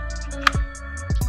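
A Glock 43X MOS pistol is reholstered into a minimalist $75 kydex holster and snaps into retention. A sharp, bright click is heard at 0.5 s, followed by a few duller low thumps over a steady background hum. The pistol is seated in the holster.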